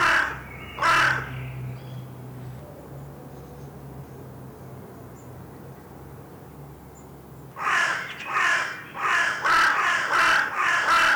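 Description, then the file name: Carrion crow calling with harsh caws, two near the start, then after a quiet gap a rapid run of several caws toward the end. "Corvus corone"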